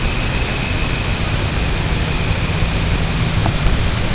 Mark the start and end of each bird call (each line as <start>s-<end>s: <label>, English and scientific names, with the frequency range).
0.00s-4.12s: Dunlin (Calidris alpina) (1.6-3.4 kHz)